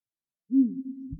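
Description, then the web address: Great grey owl giving a deep hoot that starts strongly and carries on, a little softer, to the end. Recorded in Myrskylä, Finland, on 18 March 2006. "Linnut pollot Strneb 20060318 Myrskyla"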